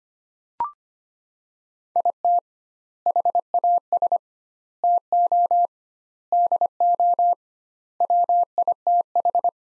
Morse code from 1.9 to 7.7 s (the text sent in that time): IT HAS TO DO